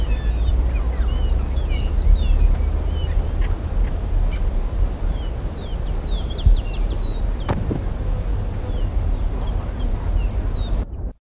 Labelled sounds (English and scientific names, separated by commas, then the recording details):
Stripe-crowned Spinetail (Cranioleuca pyrrhophia) call, Greyish Baywing (Agelaioides badius)
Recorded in the wild
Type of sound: call
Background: Agelaioides badius
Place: Buenos Aires, AR
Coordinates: -34.56, -58.45
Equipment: Halbspur, 9,5 cm/s
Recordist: Lütgens, Hans
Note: Belgrano (Buenos Aires): Rufe